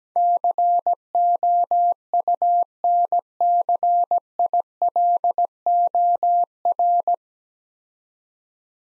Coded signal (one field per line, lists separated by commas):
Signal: Morse code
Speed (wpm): 17 wpm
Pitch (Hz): 700 Hz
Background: none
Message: COUNCILOR